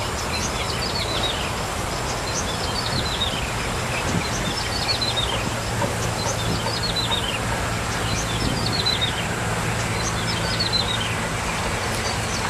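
Bar-winged prinia repeatedly singing descending chattering phrases, a fresh phrase every couple of seconds, while a low rumble continues throughout.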